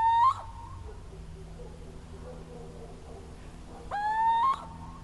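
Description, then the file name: Little owl giving rising, nasal territorial hoots, one cut off at the start and another full call near the end, with soft background hum between. "Sycek obecny teritorialni hlas"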